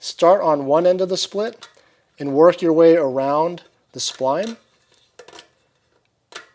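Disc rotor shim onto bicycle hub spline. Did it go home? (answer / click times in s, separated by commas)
yes / 6.4 s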